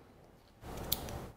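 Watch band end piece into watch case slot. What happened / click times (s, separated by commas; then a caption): The band end piece clicked into the case slot / 0.9 s. The end piece of a sport loop band is slid into the slot on an Apple Watch Series 6 case. After a quiet start, a soft sliding rub begins at about 0.6 s and lasts until about 1.3 s, with a sharp, bright click at 0.9 s and a fainter tick at 1.1 s. The band seats and is attached.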